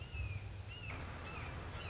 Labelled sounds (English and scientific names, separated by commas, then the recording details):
Red-shouldered Hawk (Buteo lineatus)
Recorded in Sonoma County, California